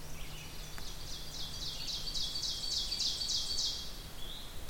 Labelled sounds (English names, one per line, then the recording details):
Ovenbird song
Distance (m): 45 m
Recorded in boreal forest in Alberta, Canada, on 2 June 2016 at 07:24
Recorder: SongMeter 3, array SBT-3-7
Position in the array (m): 139 m, 135 m
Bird 8